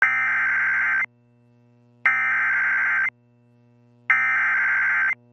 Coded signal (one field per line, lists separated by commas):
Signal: Emergency Alert System (SAME) tones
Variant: header bursts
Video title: Severe Thunderstorm Warning (4/28/26) [EAS #406]